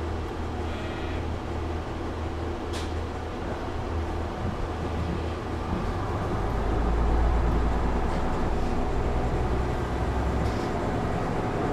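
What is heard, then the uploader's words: A Rikuu-East Line train runs between Naruko Spa and Naruko Gotenyu with a steady low rumble and dense mechanical noise throughout. The rumble swells around seven seconds, and brief sharp clicks and squeals break through near three, eight and ten seconds. 陸羽東線1726D（キハ111-216） 鳴子温泉-鳴子御殿湯. Rikuu-east Line 1726D Naruko Spa. to Naruko Gotenyu. The Rikuuto Line of JR East, which connects Shinjo in Yamagata Prefecture to Kogota in Miyagi Prefecture.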